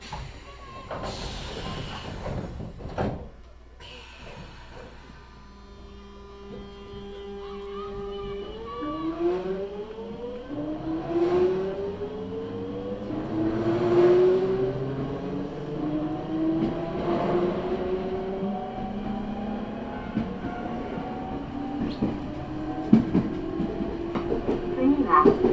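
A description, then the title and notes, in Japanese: A local train departs a station after a few clunks, its motor whine climbing steadily in pitch as it gathers speed amid rumbling wheels. 耳で楽しむ鉄道旅 南海電鉄南海線 普通 泉佐野→箱作。泉佐野で10分も停車して関西空港行きの急行などと接続をしたのち発車をしていきます。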